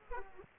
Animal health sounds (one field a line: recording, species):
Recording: mosquito wingbeat signal from an infrared sensor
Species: Aedes aegypti